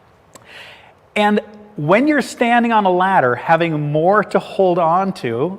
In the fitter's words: and notice that this handle rotates up and locks into place